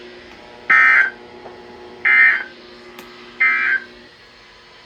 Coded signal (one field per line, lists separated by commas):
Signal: Emergency Alert System (SAME) tones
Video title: End Of The Week Alerts (EAS 620-636)